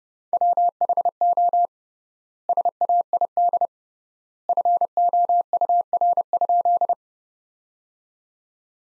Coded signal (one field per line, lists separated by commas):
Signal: Morse code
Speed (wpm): 30 wpm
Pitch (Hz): 700 Hz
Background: none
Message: WHO SAID FOUR?